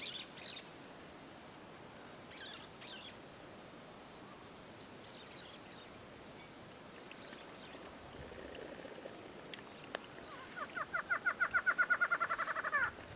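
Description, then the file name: Barred antshrike song near the end: a quick run of nasal notes after a long stretch of quiet background with faint calls. "Canto do choca barrada"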